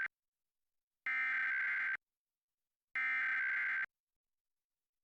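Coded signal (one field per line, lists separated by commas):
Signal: Emergency Alert System (SAME) tones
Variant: header bursts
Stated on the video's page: National EAS Test on TV station FOX 59.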